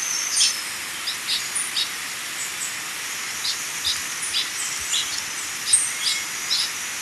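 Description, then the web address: Yellow-collared chlorophonia calls: quick high thin notes in irregular series, with a constant shrill insect tone and hiss behind them. Recorded in Ecuador. "Birds of Ecuador Yellow-collared Chlorophonia"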